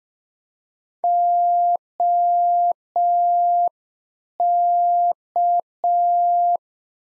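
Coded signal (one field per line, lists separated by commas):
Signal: Morse code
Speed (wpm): 5 wpm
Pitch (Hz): 700 Hz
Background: none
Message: OK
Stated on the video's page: Practice QSO exchange segment on ham FER, age and occupation, sent in Morse at 5 wpm for head-copy, sent twice around a spoken version.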